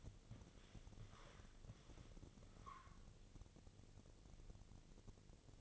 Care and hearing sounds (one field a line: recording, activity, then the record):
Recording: daily activity, microphone in the room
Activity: walk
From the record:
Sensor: 4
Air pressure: 1001.3 hPa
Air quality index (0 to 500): 174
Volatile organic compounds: 2 ppm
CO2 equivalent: 1244 ppm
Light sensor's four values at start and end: 14/32/13/13 and 14/32/13/13